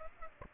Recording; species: mosquito wingbeat signal from an infrared sensor; Aedes aegypti